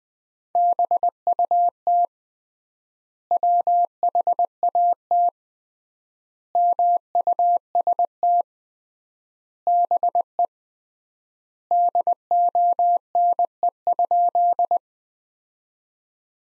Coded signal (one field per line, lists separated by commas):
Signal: Morse code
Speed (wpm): 21 wpm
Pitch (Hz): 700 Hz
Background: none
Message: BUT WHAT MUST BE DONE?